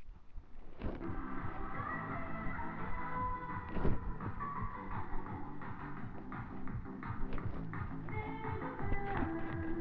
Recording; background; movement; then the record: deep breathing; music; walking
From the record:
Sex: female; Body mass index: 21.8 kg/m2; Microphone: on the chest, facing the body